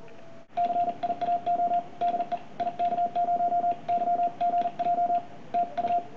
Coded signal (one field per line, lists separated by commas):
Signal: Morse code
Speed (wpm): 41 wpm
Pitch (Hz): 700 Hz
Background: radio noise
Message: CIAO DE IK0YGJ TU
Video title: From 40 to 60 WPM with a Begali Sculpture Single Lever Prototype